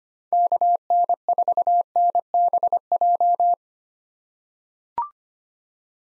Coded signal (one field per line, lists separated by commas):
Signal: Morse code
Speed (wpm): 25 wpm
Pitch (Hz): 700 Hz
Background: none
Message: KN4NBJ